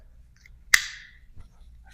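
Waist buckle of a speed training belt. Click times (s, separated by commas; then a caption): 0.7 s. A trainer fastens the waist buckle of a speed training belt around an athlete's waist. The buckle clicks shut with a single sharp, loud snap at 0.7 seconds that rings briefly and fades, with only faint small ticks before and after. The buckle is seated.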